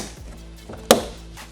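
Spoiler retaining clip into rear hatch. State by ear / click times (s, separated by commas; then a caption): seated / 0.9 s. Pressing on the end of a carbon fiber rear spoiler on a Mazda 3 pushes its plastic retaining clip into the rear hatch. After a quiet stretch, a single sharp click sounds at 0.9 s, and the clip pops into place and is seated.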